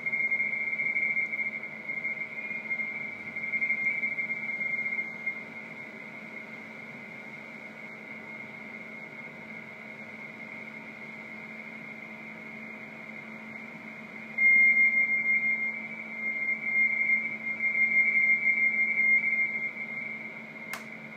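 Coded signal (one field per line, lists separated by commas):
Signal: RTTY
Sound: rapid warbling between two close high tones, continuous teleprinter chatter over hiss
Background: radio static, low hum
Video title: S21ZBC 17m RTTY op. IZ2GNQ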